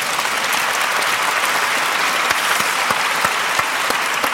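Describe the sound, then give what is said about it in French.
A crowd applauds steadily for magician Raphaël Navarro as he joins the show after a coin trick, a dense wash of many hands clapping at an even loudness throughout, with a few sharper individual claps standing out near the end. “L'applaudir.”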